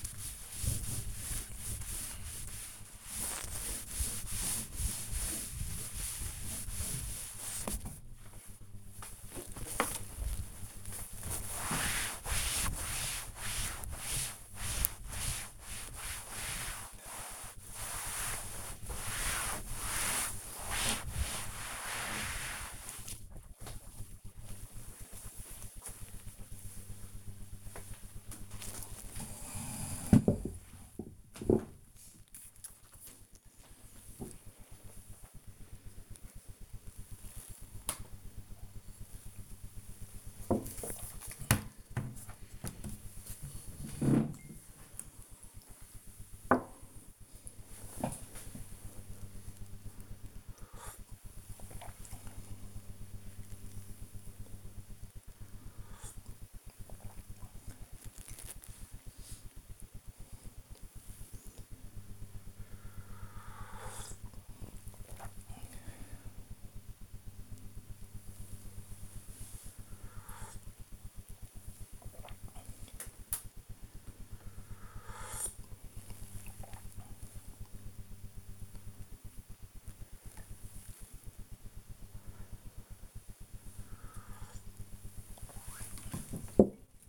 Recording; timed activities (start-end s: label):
household activities, microphone on the right wrist
0.00-22.83 s: cleaning table
37.96-85.37 s: drinking